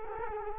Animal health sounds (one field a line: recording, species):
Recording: mosquito wingbeat signal from an infrared sensor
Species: Culex quinquefasciatus